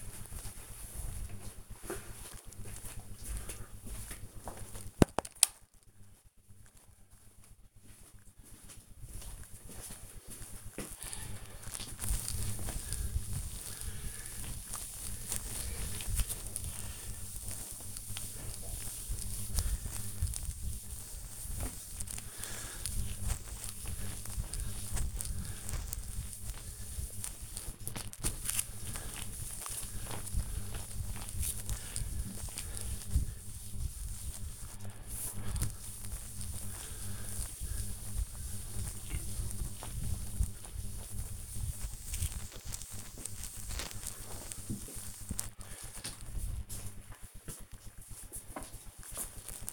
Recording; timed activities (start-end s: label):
household activities, microphone on the right wrist
11.21-45.41 s: cleaning table